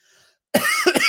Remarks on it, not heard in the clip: I'm trying to quell a cough and it's just not working. It sounds like I'm like running up a flight of stairs.